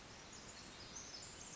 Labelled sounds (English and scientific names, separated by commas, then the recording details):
Pacific Wren (Troglodytes pacificus)
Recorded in Sonoma County, California